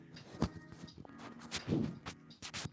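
A magnetic microphone attachment is handled near its magnetic mount, with brief soft taps and rustling while someone talks. Nothing has seated or clicked yet.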